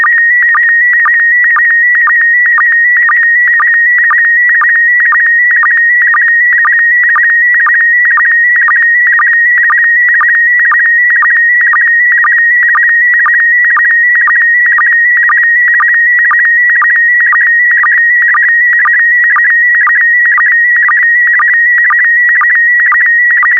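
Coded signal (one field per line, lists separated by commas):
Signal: SSTV (slow-scan television)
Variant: PD120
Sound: continuous warbling high tone with rhythmic low blips roughly twice per second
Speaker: transmission complete you can now check your decoded image against the picture that is shown on the video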